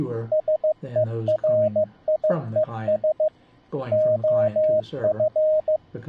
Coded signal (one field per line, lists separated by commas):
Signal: Morse code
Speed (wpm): 15 wpm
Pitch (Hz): 620 Hz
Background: speech, radio noise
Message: SERIES OF